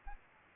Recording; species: mosquito wingbeat signal from an infrared sensor; Anopheles arabiensis